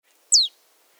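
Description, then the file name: Marsh tit call: one bright, high note dropping swiftly in pitch, lasting under a quarter second, against near silence. "Poecile palustris"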